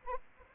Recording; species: mosquito wingbeat signal from an infrared sensor; Anopheles arabiensis